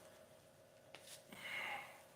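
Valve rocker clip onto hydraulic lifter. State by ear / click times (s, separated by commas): seated / 0.9 s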